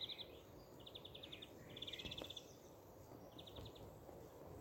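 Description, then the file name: European greenfinch calls: four brief rapid twittering trills, evenly pitched, over a low background hum. "Chloris chloris"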